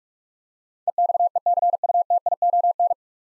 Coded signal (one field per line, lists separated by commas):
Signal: Morse code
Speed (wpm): 45 wpm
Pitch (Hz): 700 Hz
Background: none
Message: EXECUTION